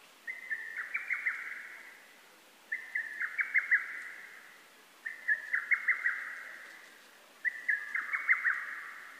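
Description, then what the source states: Lesser cuckoo song: four loud, staccato phrases of rapid notes, each lasting about a second and a half, repeated roughly every two and a half seconds over quiet background. Recorded on 12 June 2010.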